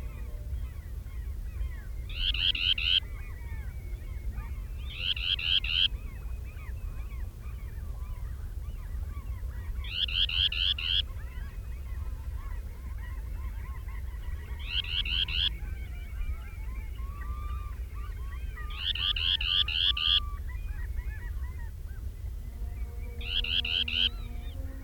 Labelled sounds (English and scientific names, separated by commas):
Dunlin (Calidris alpina) call